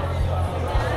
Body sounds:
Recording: background sound without coughing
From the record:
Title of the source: CITY SOUNDS Busy Bar in the Evening Night - 2 HOURS of Ambiance for Relaxation

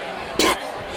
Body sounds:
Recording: coughing mixed with background sound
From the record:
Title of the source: 61 morning phlegmy cough...again

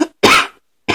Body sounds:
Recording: coughing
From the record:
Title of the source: 64 coughing, allergies, singing lungs

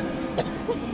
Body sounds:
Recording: coughing mixed with background sound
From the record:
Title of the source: choking, hacking coughing

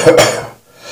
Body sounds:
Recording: coughing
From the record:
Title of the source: Cough Around the Clock!

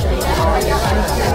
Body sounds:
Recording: background sound without coughing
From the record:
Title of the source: Nightlife Party Simulating Party Club Noise 1 Hour

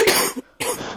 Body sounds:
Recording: coughing mixed with background sound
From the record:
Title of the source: 30 Chesty and wet cough

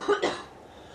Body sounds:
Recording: coughing mixed with background sound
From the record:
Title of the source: female coughing - coughing sound effects girl

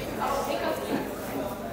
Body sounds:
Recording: background sound without coughing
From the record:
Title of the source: 40 min - Ambience sounds UNIVERSITY lunchroom chatting

